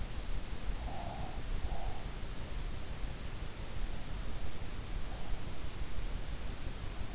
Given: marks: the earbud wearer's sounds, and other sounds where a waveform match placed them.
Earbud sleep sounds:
sounds in sleep by an in-ear microphone; breath
0.82-2.08 s: breath

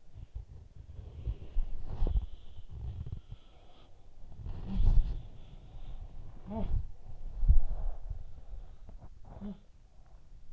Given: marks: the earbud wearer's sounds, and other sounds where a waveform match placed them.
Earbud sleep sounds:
sounds in sleep by an in-ear microphone; body movement
0.00-10.53 s: body movement
3.81-5.70 s: sound from someone else or the room
6.40-7.26 s: sound from someone else or the room
8.68-10.23 s: sound from someone else or the room

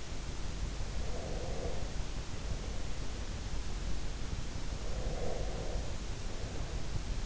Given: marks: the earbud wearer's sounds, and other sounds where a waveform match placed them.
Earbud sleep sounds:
sounds in sleep by an in-ear microphone; breath
0.83-2.98 s: breath
4.93-7.26 s: breath

